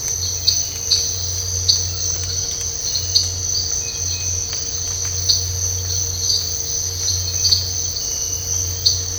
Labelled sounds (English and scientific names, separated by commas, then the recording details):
none
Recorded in dense forest near Puerto Asís, Putumayo, Colombia, on 8 March 2025 at 05:30
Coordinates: 0.468, -76.322
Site GP01